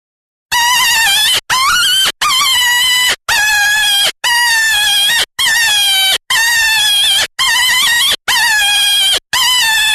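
Jackrabbit distress calls begin after a brief silence: nine or ten piercing, harmonic screams, each around a second, following one another with short gaps.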